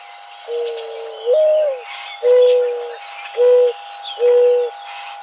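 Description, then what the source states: Mourning dove's soft low coo: a long note swelling upward, then three steady hollow hoots spaced under a second apart, with faint bird twitters behind. Recorded 20 May 2007.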